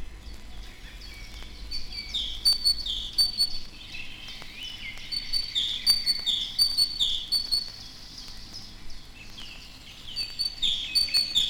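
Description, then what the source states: Great tit with repeated high, ringing chirped notes heard on and off throughout, busiest in several short clusters, over low background noise. Several different calls of the species presented; voice described as very ringing, the bird as seldom silent.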